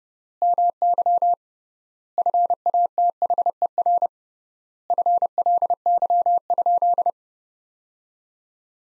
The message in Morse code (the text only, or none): MY FATHER FLY?